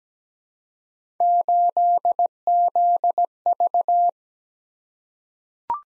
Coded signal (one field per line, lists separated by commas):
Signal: Morse code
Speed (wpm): 17 wpm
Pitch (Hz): 700 Hz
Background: none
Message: 8ZV